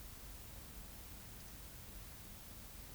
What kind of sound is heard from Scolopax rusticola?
whistle